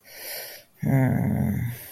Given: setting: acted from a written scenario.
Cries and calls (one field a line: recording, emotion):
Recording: vocal sound without words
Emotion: shame